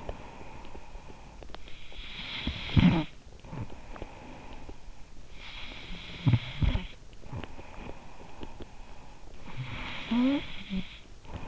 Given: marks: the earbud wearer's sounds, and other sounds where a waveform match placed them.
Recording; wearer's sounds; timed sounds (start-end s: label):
sounds in sleep by an in-ear microphone; snoring breath
0.00-11.48 s: snoring breath